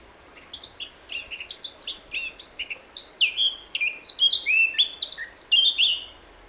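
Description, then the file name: Eurasian blackcap song, a quick chattering warble of varied high notes swelling into louder, clear whistled notes toward the end of the phrase. "Sylvia atricapilla"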